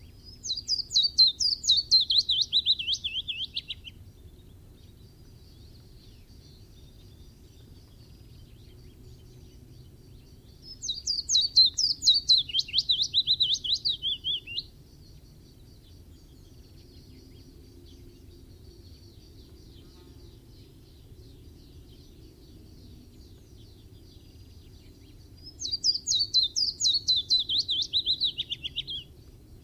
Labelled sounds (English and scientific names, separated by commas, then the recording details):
Willow Warbler (Phylloscopus trochilus) song
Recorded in the wild
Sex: male
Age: adult
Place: Weinstadt, OT Schnait, Beutelsbacher Tal, Baden-Württemberg, DE
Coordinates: 48.8167, 9.36667
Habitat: hillside, shrubbery and trees
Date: 1967-06-05
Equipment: Nagra III PH, MD 421, kleiner englischer Parabolspiegel, LGS26
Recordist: Schneider, Hans-Joachim